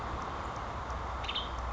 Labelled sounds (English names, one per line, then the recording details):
Western Tanager
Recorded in Sonoma County, California